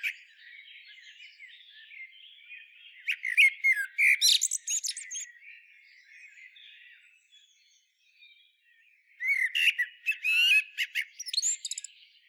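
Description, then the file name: Common blackbird song: two loud phrases of fluty whistles ending in thin, high twittering, separated by a stretch of quiet warbling. "Turdus merula"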